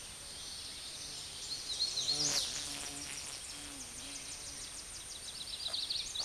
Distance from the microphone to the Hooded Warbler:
about 45 m